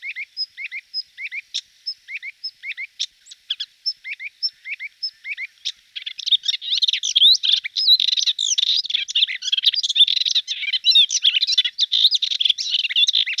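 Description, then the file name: Hippolais warbler: evenly spaced, clipped upslurred chirps for about six seconds, then a rapid, scratchy, chattering warble. "hypolais portrait mono"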